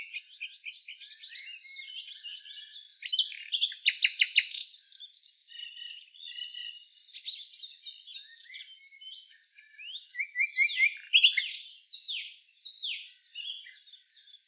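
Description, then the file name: Common nightingale song with rich, varied phrases: a loud run of rapid clicking notes near the start, warbled passages, then fast repeated slurred notes in the second half. "Luscinia megarhynchos"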